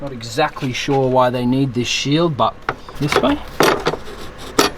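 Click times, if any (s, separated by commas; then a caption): 4.6 s. A small plastic shield is slid into its mount in the engine bay of a Mazda 3 or 6 during reassembly after a thermostat housing water outlet replacement. Someone talks, then sharp plastic clicks come through, the loudest at 4.6 s as the shield slides in and locks into place.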